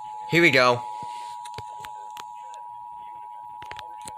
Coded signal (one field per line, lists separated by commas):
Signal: Emergency Alert System (SAME) tones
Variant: 853 and 960 Hz attention tone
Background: speech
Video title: (EAS #92 - #100) FOR THE FIRST TIME IN FOREVER - EAS Alerts from 10/11/20 (Lincoln, NE)